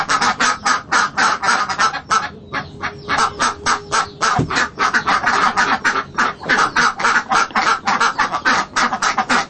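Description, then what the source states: Several ducks quack rapidly in harsh nasal bursts, with a brief pause and a faint low hum partway through. Ducks at a marketplace.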